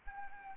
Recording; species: mosquito wingbeat signal from an infrared sensor; Anopheles arabiensis